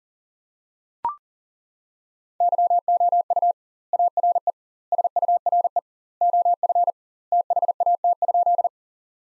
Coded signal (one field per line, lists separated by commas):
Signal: Morse code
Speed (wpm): 40 wpm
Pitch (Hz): 700 Hz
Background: none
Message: YOU ARE SURE OF THAT?